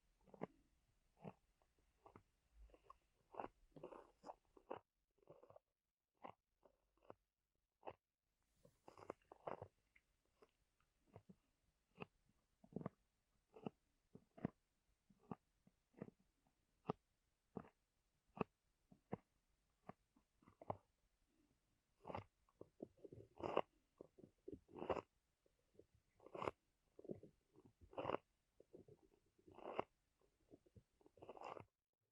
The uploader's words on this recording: ASMR Ear Massage with Pineapple (No Talking).